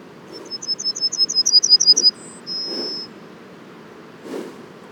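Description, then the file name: Yellowhammer song: a rapid series of many thin, high chipping notes, a brief higher note, then a long drawn-out final note, with a few soft low thumps. Les Alisiers, 21 July 2020; several yellowhammers. "200721-11-bruants-jaunes-Les-Alisiers"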